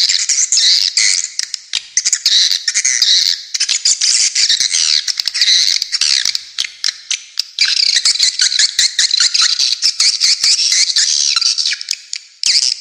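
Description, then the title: High, buzzy swiftlet chirps, many overlapping and rapid, forming a steady twittering din throughout. "Suara Walet"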